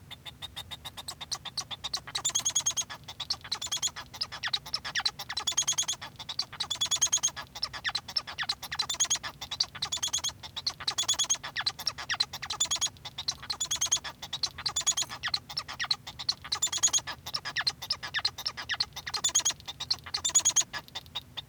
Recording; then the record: song of a male Bengalese finch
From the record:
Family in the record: son of father 1